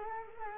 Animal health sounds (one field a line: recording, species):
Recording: mosquito wingbeat signal from an infrared sensor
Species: Culex quinquefasciatus